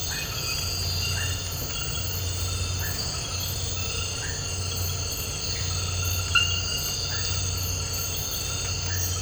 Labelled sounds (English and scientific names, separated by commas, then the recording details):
none
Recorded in dense forest near Puerto Asís, Putumayo, Colombia, on 19 March 2025 at 01:00
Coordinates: 0.468, -76.322
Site GP01